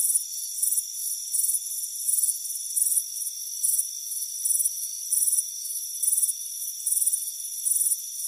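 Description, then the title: Cricket: high, pulsing chirps in short regular bursts, over a continuous high-pitched hum. Crickets chirping on a warm afternoon by a front porch. "Soothing Crickets Chirping Sound"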